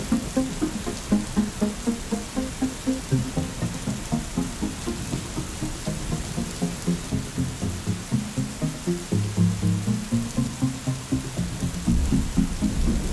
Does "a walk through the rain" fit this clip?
yes